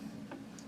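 A steel SKS rifle rear sight leaf, held in a clamp, is twisted with a flat screwdriver and pushed forward in its rear sight block over a steady low hum. Sharp snaps are heard at 0.3 s and 0.6 s as the leaf snaps free and is released from the channel in the sight block.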